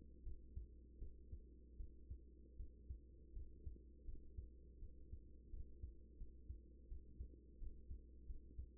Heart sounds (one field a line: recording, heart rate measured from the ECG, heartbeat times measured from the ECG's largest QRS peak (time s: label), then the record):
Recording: heart sounds by stethoscope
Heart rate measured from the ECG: 82 bpm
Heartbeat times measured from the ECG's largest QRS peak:
0.23 s: heartbeat
0.98 s: heartbeat
1.76 s: heartbeat
2.56 s: heartbeat
3.33 s: heartbeat
4.04 s: heartbeat
4.79 s: heartbeat
5.50 s: heartbeat
6.17 s: heartbeat
6.88 s: heartbeat
7.58 s: heartbeat
8.26 s: heartbeat
From the record:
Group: healthy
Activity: rest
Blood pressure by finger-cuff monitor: 109/68 mmHg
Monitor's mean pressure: 85 mmHg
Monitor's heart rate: 82 bpm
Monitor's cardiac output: 6.2 L/min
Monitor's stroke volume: 80 mL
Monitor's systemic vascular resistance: 950 dyn s/cm5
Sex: female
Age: 24 years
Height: 163 cm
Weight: 55.7 kg